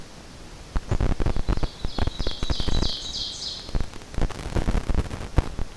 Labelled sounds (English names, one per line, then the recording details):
Ovenbird song
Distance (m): 45 m
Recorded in boreal forest in Alberta, Canada, on 12 June 2016 at 07:16
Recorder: SongMeter 3, array SBT-3-18
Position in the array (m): 119 m, 108 m
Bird 29